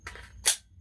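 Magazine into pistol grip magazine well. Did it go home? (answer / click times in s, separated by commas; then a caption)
yes / 0.5 s. A pistol magazine is pushed firmly, with some force, into the grip's magazine well, because without a good push it will not seat properly. Two faint contact taps at about 0.1 and 0.2 s lead into a sharp, bright click at 0.5 s as the magazine seats.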